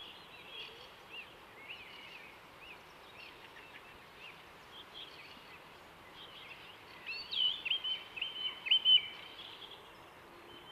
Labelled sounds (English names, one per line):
Song Thrush song